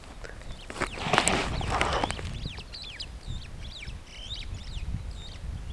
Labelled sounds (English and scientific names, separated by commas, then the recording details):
Superb Starling (Lamprotornis superbus) flight call
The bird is a male
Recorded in Kenya on 14 June 2010
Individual 121, of group WDB